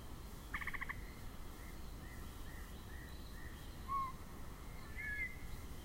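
Yellow-breasted chat song: a harsh grating burst, then soft clipped notes and a short whistle dropping in pitch, over steady low background hum.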